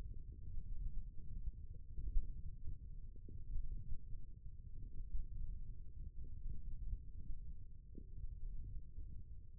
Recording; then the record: forearm muscle sounds (acoustic myography)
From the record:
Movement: index flexion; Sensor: system 1, eight BSWA MPA416 microphones around the upper forearm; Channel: 1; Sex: male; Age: 18 years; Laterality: right